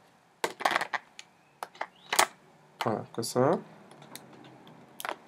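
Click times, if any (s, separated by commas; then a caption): 5.0 s. A small plastic refill bottle is clipped into an automatic skincare soap dispenser, with a series of plastic taps and knocks and someone talking partway through. A sharp click at 5.0 s marks the bottle seating in place.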